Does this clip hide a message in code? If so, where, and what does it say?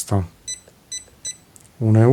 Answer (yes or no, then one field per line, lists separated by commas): no